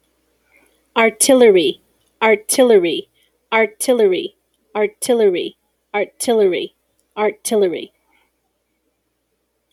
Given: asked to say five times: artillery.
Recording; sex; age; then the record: repeated word; female; 30 to 39 years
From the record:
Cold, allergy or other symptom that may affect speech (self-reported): no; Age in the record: 36 years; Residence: New Mexico, United States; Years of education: 14